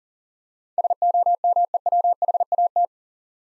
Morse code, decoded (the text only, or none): SOMEWHAT